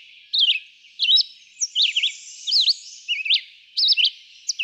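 Red-eyed vireo song: several short whistled phrases, varied upslurs and downslurs.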